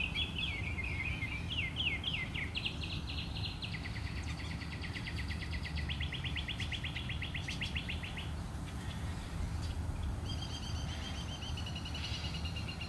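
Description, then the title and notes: Bird song: rapid trilled phrases and buzzy repeated notes for about eight seconds, then higher thin whistles, over steady low background noise. Recorded outside the narrator's house. "Bird Songs Part Two. More bird songs outside my house"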